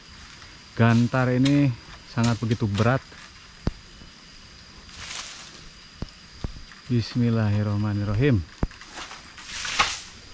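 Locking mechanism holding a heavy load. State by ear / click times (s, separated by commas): not seated / none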